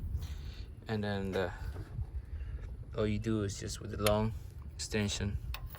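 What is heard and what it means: A spark plug socket on a long extension is handled over the spark plug in the engine of a 2015–17 Chrysler 200 2.4L while someone talks. A brief sharp sound occurs near 5.5 seconds, but nothing has seated or clicked yet, and the socket has not locked onto the plug.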